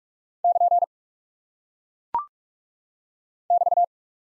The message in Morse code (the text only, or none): <KN> <BT>